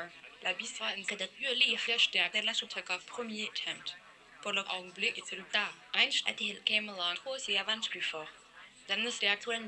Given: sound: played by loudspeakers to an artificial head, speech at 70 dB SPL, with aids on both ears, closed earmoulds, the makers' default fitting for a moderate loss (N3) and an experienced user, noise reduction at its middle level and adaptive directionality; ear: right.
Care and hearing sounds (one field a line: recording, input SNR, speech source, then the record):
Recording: speech test signal (ISTS) in cocktail-party noise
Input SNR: +9 dB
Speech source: in front (0 degrees)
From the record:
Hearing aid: class 1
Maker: I